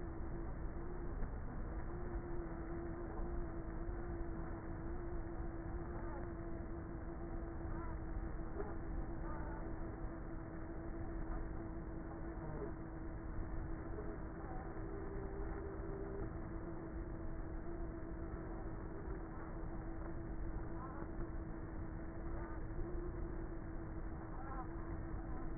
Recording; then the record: honeybee colony, microphone inside the hive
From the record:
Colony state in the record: queenless with a low population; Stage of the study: before two queens were removed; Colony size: about 30,000 bees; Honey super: no